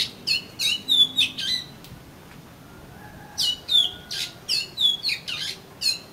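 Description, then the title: Oriental magpie-robin song in two bursts of fast, scratchy whistled notes with a brief quiet gap between them. "Kacer Kacer"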